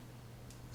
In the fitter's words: the bent out tab goes in the wider open area of the slot and it should push it in you can hear it click and